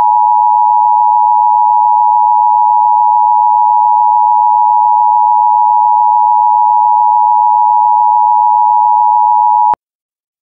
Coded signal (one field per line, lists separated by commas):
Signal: Emergency Alert System (SAME) tones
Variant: 853 and 960 Hz attention tone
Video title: (Valid Tones/Headphone User Warning) Emergency Alert System Mock - EAS Test